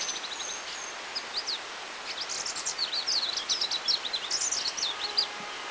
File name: Pallas Leaf Warbler Song China 5 March 2010